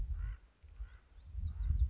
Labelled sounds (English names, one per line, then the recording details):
Common Raven
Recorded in Sonoma County, California